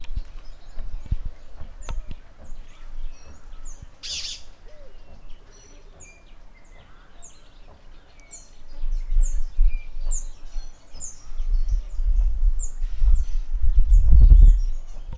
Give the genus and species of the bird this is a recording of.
Ispidina picta